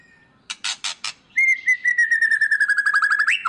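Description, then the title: White-rumped shama song, a few harsh scratchy notes then a long pulsed whistle slowly falling before a sharp upward flick. Used as a lure to make other birds respond; described as gacor, a bird singing constantly. "PANCINGAN MEWAH MURAI BATU GACOR, SEKALI DENGAR AMPUH LANGSUNG RESPON"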